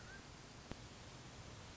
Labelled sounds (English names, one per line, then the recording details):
Mountain Quail
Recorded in Sonoma County, California